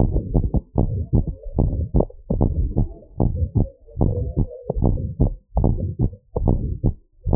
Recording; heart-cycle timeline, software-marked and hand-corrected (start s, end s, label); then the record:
heart sounds
0.00	0.10	S1
0.10	0.14	systole
0.14	0.24	S2
0.24	0.78	diastole
0.78	0.90	S1
0.90	0.96	systole
0.96	1.06	S2
1.06	1.58	diastole
1.58	1.72	S1
1.72	1.76	systole
1.76	1.86	S2
1.86	2.38	diastole
2.38	2.52	S1
2.52	2.58	systole
2.58	2.70	S2
2.70	3.20	diastole
3.20	3.32	S1
3.32	3.38	systole
3.38	3.50	S2
3.50	4.00	diastole
4.00	4.12	S1
4.12	4.18	systole
4.18	4.30	S2
4.30	4.80	diastole
4.80	4.96	S1
4.96	5.02	systole
5.02	5.12	S2
5.12	5.64	diastole
5.64	5.76	S1
5.76	5.82	systole
5.82	5.92	S2
5.92	6.44	diastole
6.44	6.60	S1
6.60	6.68	systole
6.68	6.78	S2
6.78	7.30	diastole
7.30	7.36	S1
From the record:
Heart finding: abnormal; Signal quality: good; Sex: female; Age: 66 years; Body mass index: 28.3